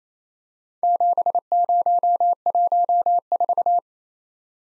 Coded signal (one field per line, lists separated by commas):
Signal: Morse code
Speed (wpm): 28 wpm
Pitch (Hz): 700 Hz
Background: none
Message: 7014